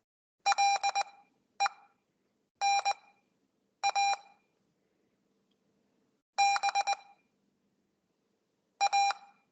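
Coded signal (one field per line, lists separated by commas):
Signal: Morse code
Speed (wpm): 19 wpm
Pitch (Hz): 800 Hz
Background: none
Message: LENABA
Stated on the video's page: Weekly Morse code practice session held over Skype.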